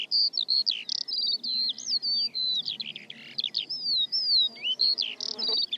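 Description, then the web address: Bird song of looping whistled phrases, soft buzzes and sharp chips, continuous and high, with a short noisy burst near the end. "Deverinetal"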